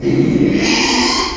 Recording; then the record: squeal of a Yucatan mini pig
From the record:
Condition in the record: after surgery on the right vocal fold (resection and tissue-engineered implant); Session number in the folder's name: 2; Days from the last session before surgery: 13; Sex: male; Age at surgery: 12 weeks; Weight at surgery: 13 kg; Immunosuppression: cyclosporine, prednisolone